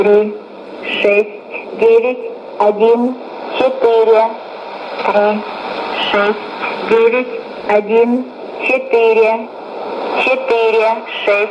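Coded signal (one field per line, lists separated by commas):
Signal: numbers station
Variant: S06s, Russian female voice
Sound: female voice reading short evenly spaced words, likely numbers, over radio hiss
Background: radio static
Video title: 11 09 2019 S06s Russian Lady numbers station in Russian to Eu 0844 on 9952 unknown tx site USB+AM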